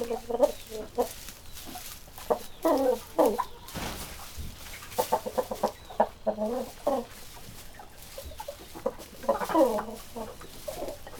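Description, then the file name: Chicken clucking in repeated short bursts of low, throaty notes, mixed with scratchy rustling. Chicken steps in straw inside a low-ceilinged barn room. "freesound chicken steps"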